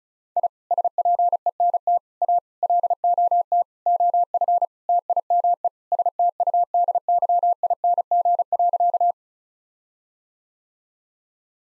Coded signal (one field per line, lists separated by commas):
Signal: Morse code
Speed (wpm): 36 wpm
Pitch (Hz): 700 Hz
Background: none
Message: I SPENT A LOT OF TIME STUDYING.